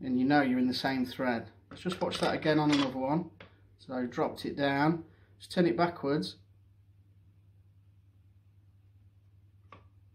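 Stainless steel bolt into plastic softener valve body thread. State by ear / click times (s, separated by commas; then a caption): seated / 9.7 s. Someone talks, then turns a stainless steel bolt backwards in the plastic valve body of a Kinetico water softener so the metal does not cut a new thread in the plastic. After a quiet pause, a faint short click at 9.7 s marks the bolt dropping into the existing thread, and it is seated.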